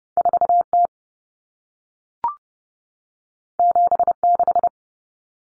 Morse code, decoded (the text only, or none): 4T 76